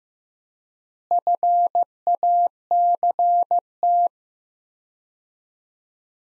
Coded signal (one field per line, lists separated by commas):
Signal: Morse code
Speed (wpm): 15 wpm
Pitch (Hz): 700 Hz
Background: none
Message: FACT